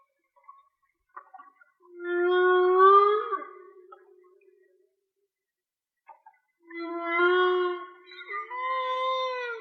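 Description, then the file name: Whale song: slowly rising tonal moans rich in harmonics, one, then two more after a quiet gap with faint clicks. "Whale Song-colin"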